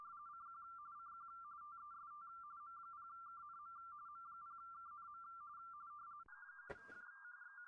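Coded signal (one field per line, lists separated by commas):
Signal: RTTY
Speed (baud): 45.45 baud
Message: CQ CQ TEST M0KNM M0KNM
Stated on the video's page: RTTY in the CQ WW RTTY Contest 2025.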